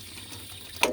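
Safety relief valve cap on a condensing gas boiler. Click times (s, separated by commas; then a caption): 0.8 s. Someone turns the red plastic cap of the 3-bar safety relief valve on an Immergas Victrix 26 2 I condensing gas boiler to the right while water drains with a steady flowing hiss. A sharp click at 0.8 s marks the valve knob snapping back into place, and the water stops flowing.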